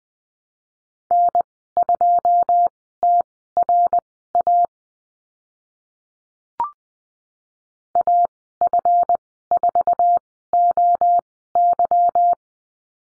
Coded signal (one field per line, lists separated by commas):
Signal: Morse code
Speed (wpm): 20 wpm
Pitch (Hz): 700 Hz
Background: none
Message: N2TRA AF4OY